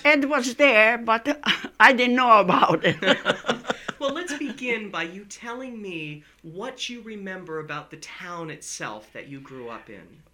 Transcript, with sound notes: Well, it was there, but I didn't know about it! (laughing)
Well, let's begin by you telling me what you remember about the town itself that you grew up in?